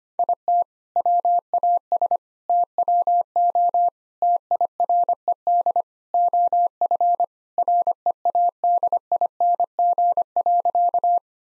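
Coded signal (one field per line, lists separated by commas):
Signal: Morse code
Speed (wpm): 25 wpm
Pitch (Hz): 700 Hz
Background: none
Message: IT WAS TWO TIRED OF READING.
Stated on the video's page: Morse practice set at 25 wpm using jokes for contextual priming.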